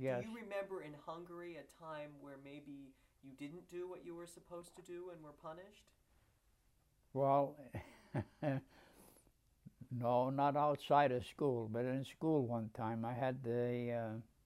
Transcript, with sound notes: Do you remember in Hungary a time where maybe you didn't do what you were supposed to do and were punished?. [Chuckles]
No, not outside of school but in school one time I had the